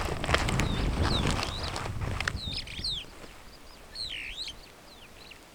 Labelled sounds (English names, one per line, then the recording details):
Superb Starling flight call
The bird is a female
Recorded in Kenya on 5 July 2010
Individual 91, of group SRB1